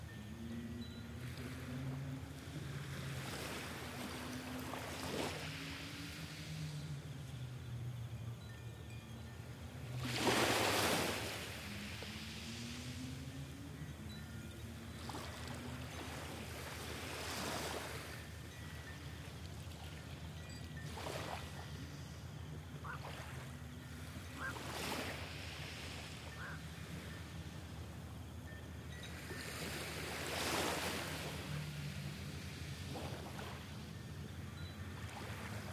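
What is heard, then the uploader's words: Small ocean waves lap at the shore, with soft splashes scattered through the clip and fuller washes breaking around 10 and 30 seconds. A steady low rumble runs underneath, with faint wavering low tones drifting in and out. South Bay Beach HK, 4am. Tiny ocean waves lapping on the shore.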